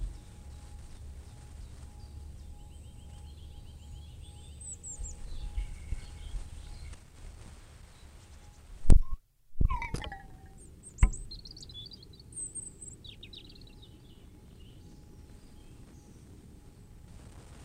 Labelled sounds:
European Robin

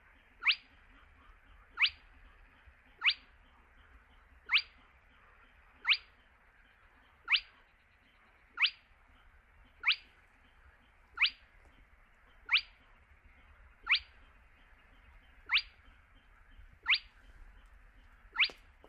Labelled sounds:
Spotted Crake

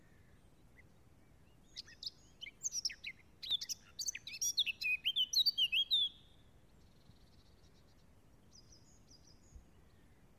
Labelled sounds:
Eurasian Blackcap song

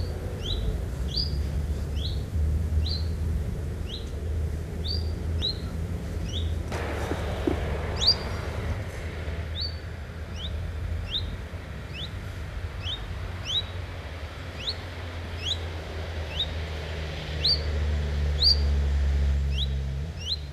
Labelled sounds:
European Greenfinch call

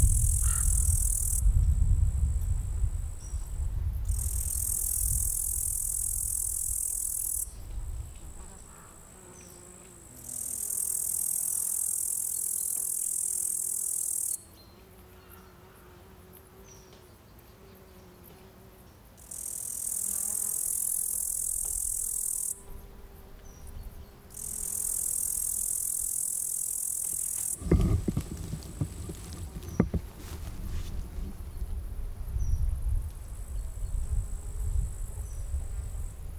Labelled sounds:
Upland Green Bush-cricket stridulation

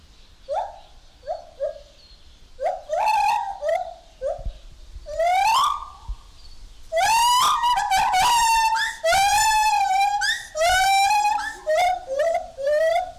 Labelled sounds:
Lar Gibbon

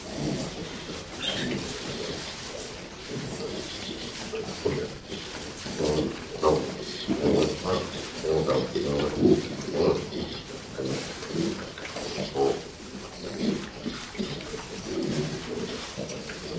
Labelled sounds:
Hamadryas Baboon call

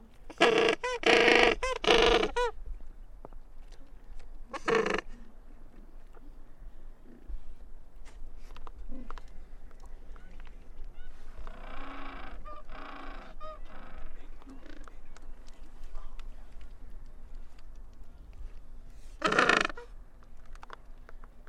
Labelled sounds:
Gentoo Penguin call

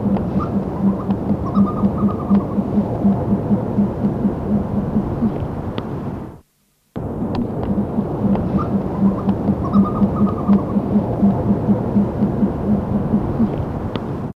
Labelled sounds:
Buffy Fish Owl call

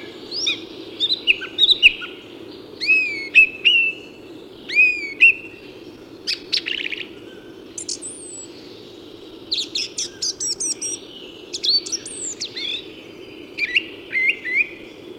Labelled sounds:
Song Thrush song

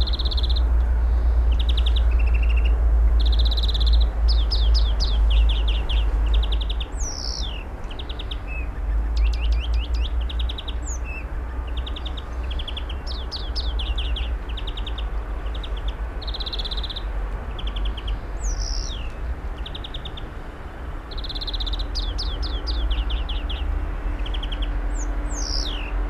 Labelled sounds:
European Greenfinch song

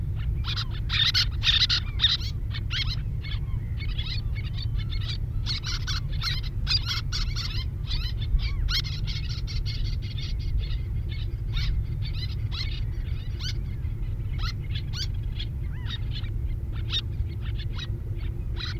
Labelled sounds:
Little Tern call

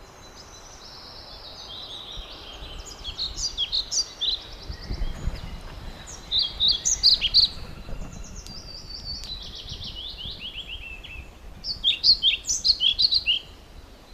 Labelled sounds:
European Pied Flycatcher song

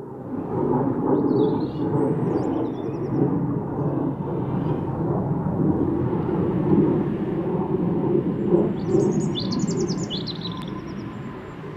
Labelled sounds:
European Robin song

